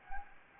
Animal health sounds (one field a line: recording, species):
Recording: mosquito wingbeat signal from an infrared sensor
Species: Anopheles gambiae